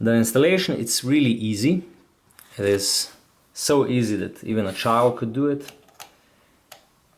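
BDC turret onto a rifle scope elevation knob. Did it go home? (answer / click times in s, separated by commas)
yes / 6.0 s, 6.7 s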